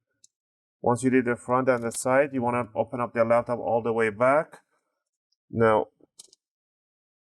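A plastic display bezel in the screen lid of a Gateway GWTN156-4GR laptop is twisted and pulled away from the lid, and one of its retaining clips releases with a sharp click at 0.2 s. Someone then talks, and a few faint ticks follow around 6.0 to 6.3 s. The clips come free and the bezel is released.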